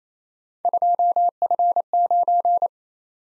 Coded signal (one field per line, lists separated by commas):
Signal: Morse code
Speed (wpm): 27 wpm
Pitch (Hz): 700 Hz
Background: none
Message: 2F9